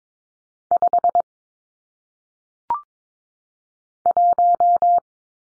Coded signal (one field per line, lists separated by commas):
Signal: Morse code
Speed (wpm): 22 wpm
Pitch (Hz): 700 Hz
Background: none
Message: 5 1